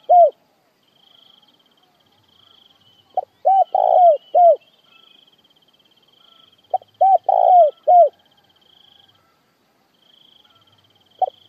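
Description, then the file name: Spotted dove calling with grouped coos, a longer middle note and a final falling coo, phrases spaced by quiet gaps, a faint cricket trill continuing. Calling to gather the flock. "Tieng cu gay goi bay"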